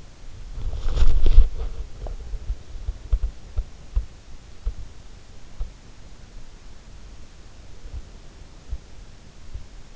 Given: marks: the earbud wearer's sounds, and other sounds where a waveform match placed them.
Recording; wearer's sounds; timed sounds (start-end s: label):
sounds in sleep by an in-ear microphone; body movement
0.00-7.40 s: body movement